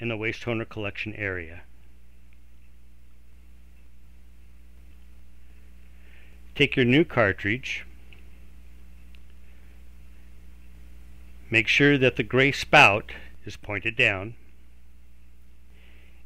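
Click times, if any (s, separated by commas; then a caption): none. A new black Kyocera toner cartridge is picked up and turned so its grey spout points down before it goes into the laser printer, while someone talks in bursts over a steady low hum. A few faint, short handling knocks come between the speech, and nothing has seated or clicked yet.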